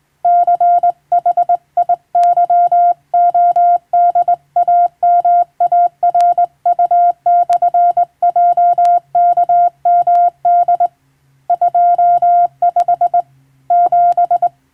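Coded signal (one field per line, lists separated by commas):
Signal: Morse code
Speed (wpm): 20 wpm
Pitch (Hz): 700 Hz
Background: none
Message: CHIYODAMARU/JKMD 25 7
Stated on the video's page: Hand-sent on a vertical straight key by a first-class radiotelegraph operator, practising international-language telegram sending from a practice book.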